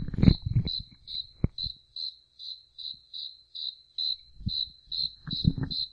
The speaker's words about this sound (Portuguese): Que grilo, vamos pegar o grilo, todo mundo quietinho.